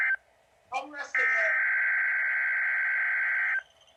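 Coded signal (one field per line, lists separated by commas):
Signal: Emergency Alert System (SAME) tones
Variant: header bursts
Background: speech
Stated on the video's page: Required Weekly Test from weather radio transmitter KIH35.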